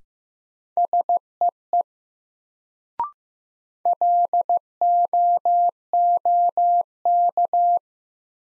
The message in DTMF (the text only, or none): none